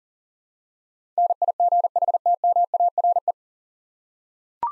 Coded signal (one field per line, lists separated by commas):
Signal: Morse code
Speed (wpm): 40 wpm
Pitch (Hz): 700 Hz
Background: none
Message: NIGHTMARE